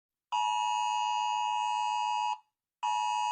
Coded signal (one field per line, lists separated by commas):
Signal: Emergency Alert System (SAME) tones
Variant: 853 and 960 Hz attention tone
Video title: EAS lore 1 (US-iPhone)